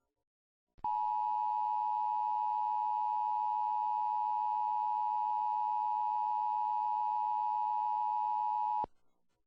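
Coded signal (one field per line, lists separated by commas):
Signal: Emergency Alert System (SAME) tones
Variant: 853 and 960 Hz attention tone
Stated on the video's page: Homemade severe thunderstorm watch EAS alert.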